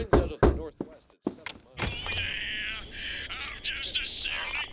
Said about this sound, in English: It wasn't until that night he knocked on my door.